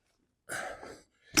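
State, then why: Seated. On a TIFGALOP K8 6000W electric scooter, a small lever at the folding neck is pushed down so the metal handlebar stem lifts up into its neck latch. A soft breathy rush is heard from about 0.5 to 1.0 s, then a short rising scrape leads into a single sharp, loud click at 1.4 s as the stem seats in place.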